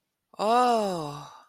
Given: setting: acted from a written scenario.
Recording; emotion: vocal sound without words; awe